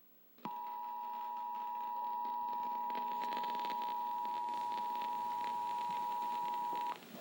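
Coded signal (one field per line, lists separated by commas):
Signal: Emergency Alert System (SAME) tones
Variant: 853 and 960 Hz attention tone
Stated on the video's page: Fictional alert in a fan film inspired by analog horror.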